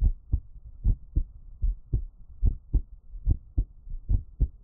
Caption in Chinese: 台灣ASMR | 獻上我的心跳 | Give my Heartbeat | NO Talking。